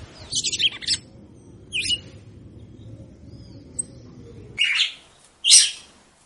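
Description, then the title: Red-cowled cardinal singing bright, buzzy phrases in separate bursts, the last two loudest, over a low background rumble that stops midway. "Galo De Campina"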